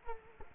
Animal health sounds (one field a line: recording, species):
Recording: mosquito wingbeat signal from an infrared sensor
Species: Culex quinquefasciatus